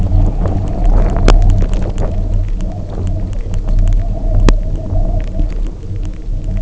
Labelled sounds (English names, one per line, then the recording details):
none
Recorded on Arctic tundra, site UTQI-0, on 27 June 2018
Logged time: 00:00